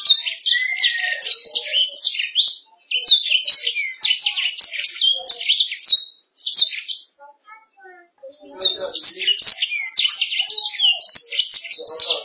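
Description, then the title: Canary song, fast runs of sharp chirps and whistled slurs, a short quieter gap with soft notes, then the bright chirping resumes. "BM Suara Kenari"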